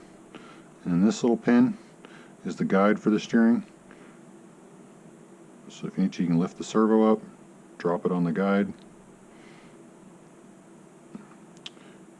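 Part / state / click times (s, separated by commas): steering servo onto servo saver guide pin in RC car chassis / seated / 11.7 s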